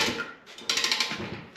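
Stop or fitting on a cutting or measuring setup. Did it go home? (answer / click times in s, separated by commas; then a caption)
yes / 0.7 s. While setting up to cut metal conduit to 14 inches, a stop or fitting on a cutting or measuring setup is pushed onto the tool and snaps home with a sharp click at 0.7 s. A few quick rattling ticks follow up to about 1.0 s before the sound fades. The part is seated, clicked in place.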